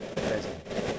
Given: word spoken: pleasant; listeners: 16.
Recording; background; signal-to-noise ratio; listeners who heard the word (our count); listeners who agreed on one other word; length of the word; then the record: one English word in noise, from a listening test; noise modulated by three-talker babble; -3.3 dB; 3 of 16; 6 of 16; 0.59 s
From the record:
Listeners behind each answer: 6, 5, 3, 1, 1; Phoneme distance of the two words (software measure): 17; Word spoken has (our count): 2 syllables, 6 phonemes, stress on syllable 1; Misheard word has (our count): 2 syllables, 5 phonemes, stress on syllable 1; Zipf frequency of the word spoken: 4.19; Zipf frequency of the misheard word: 3.43